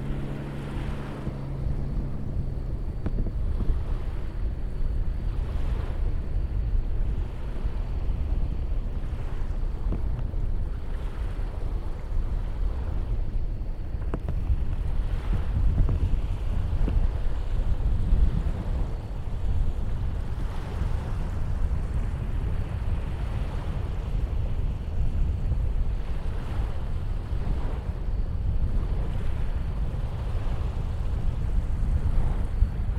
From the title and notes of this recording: These relaxing sounds are coming to you from Jacob's Beach. 6:30 pm.